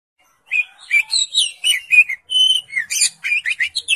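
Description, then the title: Oriental magpie-robin song of quick, varied whistled notes, including a sustained clear whistle near the middle, delivered in a steady rhythmic series. "Kacer"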